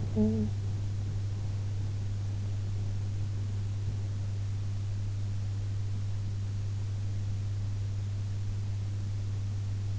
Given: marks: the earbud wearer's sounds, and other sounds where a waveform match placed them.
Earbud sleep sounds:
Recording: sounds in sleep by an in-ear microphone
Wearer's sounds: talking in sleep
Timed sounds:
0.00-0.79 s: talking in sleep

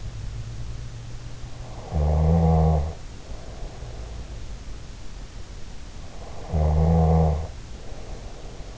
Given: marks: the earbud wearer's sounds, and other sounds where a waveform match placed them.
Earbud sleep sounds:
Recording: sounds in sleep by an in-ear microphone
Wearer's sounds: snoring breath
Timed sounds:
1.87-4.59 s: snoring breath
6.36-8.78 s: snoring breath

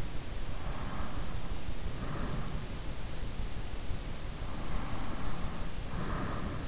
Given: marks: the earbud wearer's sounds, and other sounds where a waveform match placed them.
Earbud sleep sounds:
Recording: sounds in sleep by an in-ear microphone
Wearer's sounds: breath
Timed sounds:
0.79-2.49 s: breath
4.72-6.45 s: breath

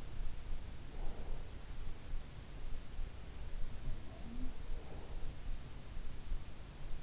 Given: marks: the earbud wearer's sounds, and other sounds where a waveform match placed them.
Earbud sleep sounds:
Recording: sounds in sleep by an in-ear microphone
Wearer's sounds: breath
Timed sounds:
0.65-1.49 s: breath
3.66-5.66 s: sound from someone else or the room
4.60-5.66 s: breath

